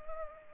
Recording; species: mosquito wingbeat signal from an infrared sensor; Culex pipiens